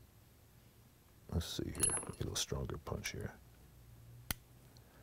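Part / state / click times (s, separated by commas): slide stop lever into its notch in the pistol frame / seated / 4.3 s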